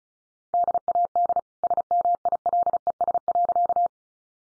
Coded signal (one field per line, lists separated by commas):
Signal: Morse code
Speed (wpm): 34 wpm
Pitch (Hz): 700 Hz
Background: none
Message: DAD SMILES.